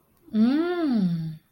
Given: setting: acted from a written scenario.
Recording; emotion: vocal sound without words; desire